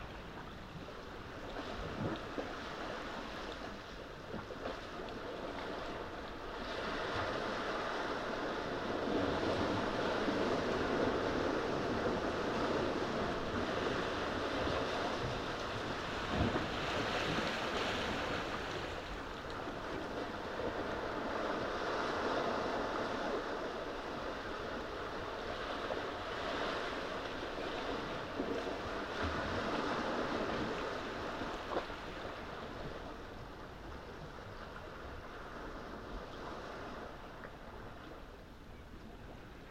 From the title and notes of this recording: Midnight waves at the foot of the sea fort. Only the waves can be heard, as they break sedately, upon the rocks. We went back to Nothe Fort in Weymouth at the start of April and made another overnight recording.